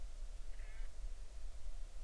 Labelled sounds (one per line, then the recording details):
bird
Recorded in the Arctic National Wildlife Refuge, Alaska, on 20 July 2019 at 02:51
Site 38